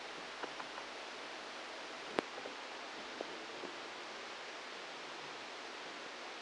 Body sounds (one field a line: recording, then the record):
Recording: brain microelectrode recording played as sound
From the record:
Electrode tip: outside the subthalamic nucleus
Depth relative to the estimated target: 5 mm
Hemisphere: left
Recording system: NeuroSet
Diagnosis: Parkinson's disease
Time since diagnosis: 10 years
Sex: male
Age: 63 years